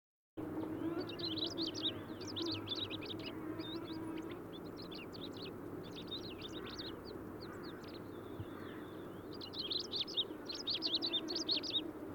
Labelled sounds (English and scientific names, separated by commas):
Long-tailed Rosefinch (Uragus sibiricus) song